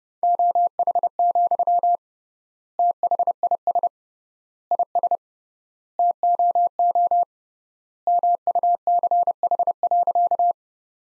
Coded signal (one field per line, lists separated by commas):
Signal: Morse code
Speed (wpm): 29 wpm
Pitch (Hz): 700 Hz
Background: none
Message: OH, THIS IS TOO MUCH.